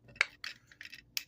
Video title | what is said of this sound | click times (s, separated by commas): G1 Hot Rod Review! | pop the legs out make sure they click into place | 0.2 s, 1.2 s